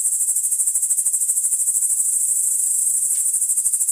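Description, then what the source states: Cricket chirping, a shrill trill of quick, regular pulses, evenly paced and unbroken for the full few seconds. Crickets recorded in the Emmental.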